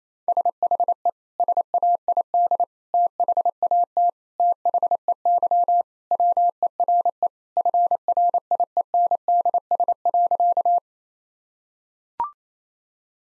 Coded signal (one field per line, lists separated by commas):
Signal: Morse code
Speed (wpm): 28 wpm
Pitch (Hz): 700 Hz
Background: none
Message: SHE SAID THAT THEY WERE FRIENDS.